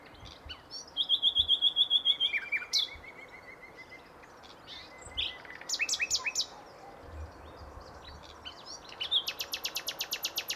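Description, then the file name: Common nightingale song: a fast repeated high whistle series, scattered sharp notes, then a rapid rhythmic trill near the end. "Luscinia megarhynchos"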